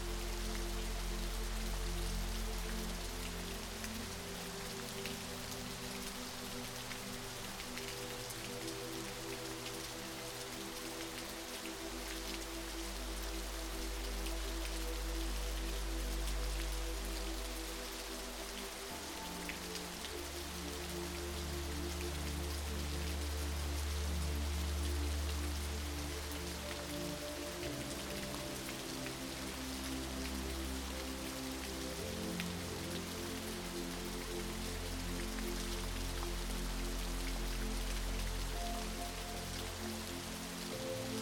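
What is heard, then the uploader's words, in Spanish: A waterfall rushes steadily, a dense, even hiss of falling water filling the highs without pause. Underneath, slow relaxing music holds long, low sustained notes that shift at about 19 and 32 seconds, with a few soft higher tones drifting in and out. Sonido de una CASCADA y MÚSICA Relajante. El suave murmullo de una cascada, acompañado de música relajante.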